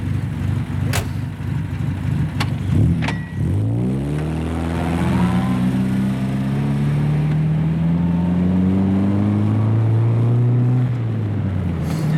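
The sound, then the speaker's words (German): A few sharp clicks and a thud as a passenger gets into a car on the outskirts of The Hague, then the engine catches and revs up, settling into a steady rising drone as it drives off toward Amsterdam before the pitch drops near the end. “Trotzdem muss ich sagen, dass ich nur unter Protest in so ein Auto steige.”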